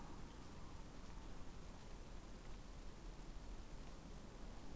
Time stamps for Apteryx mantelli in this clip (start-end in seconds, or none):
none